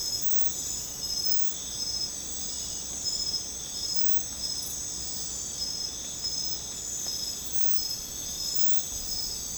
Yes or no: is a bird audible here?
no